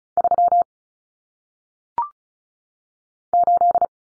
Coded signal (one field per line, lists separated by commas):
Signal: Morse code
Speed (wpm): 36 wpm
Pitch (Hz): 700 Hz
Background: none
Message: 3 8